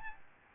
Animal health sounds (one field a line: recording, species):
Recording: mosquito wingbeat signal from an infrared sensor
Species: Aedes albopictus